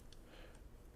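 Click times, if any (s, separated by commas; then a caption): none. On a DYU C3 folding electric bike, the upright handlebar tube is lifted fully closed and the folding handlebar stem latch is pressed inward by hand. A faint, brief tick is heard around 0.1 s over low background noise. Nothing has seated or clicked yet.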